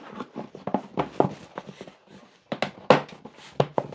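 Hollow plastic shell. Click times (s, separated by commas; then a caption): 2.9 s. The two plastic shell halves of a Jabberin Jack motion-sensor talking, singing pumpkin decoration are pushed together over several attempts, producing a series of sharp plastic knocks and creaks. The strongest, sharpest hit at 2.9 s marks the halves snapping together and seating, after much more effort than expected.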